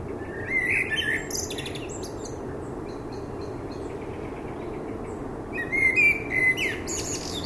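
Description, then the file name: Common blackbird song: two phrases several seconds apart, each a mellow fluted warble ending in high, scratchy twittering notes, with faint chirps between. "Turdus merula"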